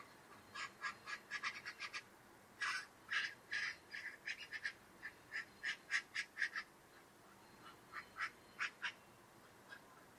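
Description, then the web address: Bird chattering in many short, harsh notes, in uneven bursts throughout. "Deverinetal 2025 File origin Bird Only"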